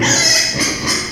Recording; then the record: squeal of a Yucatan mini pig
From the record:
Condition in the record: before surgery on the right vocal fold (resection and tissue-engineered implant); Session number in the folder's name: 2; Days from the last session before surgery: 0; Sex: male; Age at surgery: 12 weeks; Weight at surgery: 13 kg